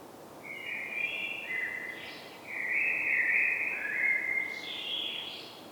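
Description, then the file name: Common blackbird singing: a run of mellow, fluty whistled phrases, some stepping down in pitch, each tailing off in a brief high squeaky flourish. "Turdus merula"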